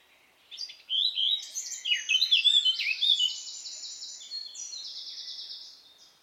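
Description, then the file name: Eurasian blackcap song: a rich, hurried warble of varied chirpy notes that builds, then settles into a run of clear repeated phrases before fading. "Sylvia atricapilla"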